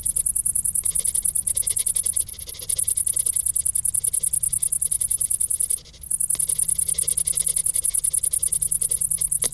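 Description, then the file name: Cricket calls as rapid shrill pulses running almost without break, one brief silence midway, with a low droning hum underneath. "Grillen"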